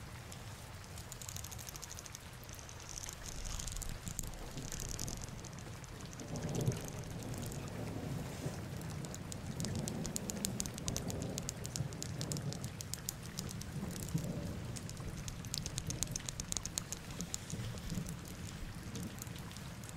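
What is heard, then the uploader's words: Steady rain falls with dense pattering and crisp drips, over a low rumbling hum, possibly traffic, that swells briefly around seven seconds. Rain Sounds.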